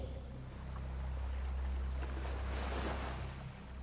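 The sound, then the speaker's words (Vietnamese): Steady rushing wind roars over a deep low rumble of water, with a surge of hissing spray swelling midway and easing off, as strong wind violently rocks a boat on a river. No voices. “Gió lớn thổi tới làm cho con thuyền chồng chành dữ dội.”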